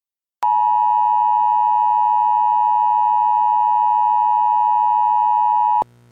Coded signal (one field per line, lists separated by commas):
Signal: Emergency Alert System (SAME) tones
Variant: 853 and 960 Hz attention tone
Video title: EAS Scenario: Silent Phantoms Part II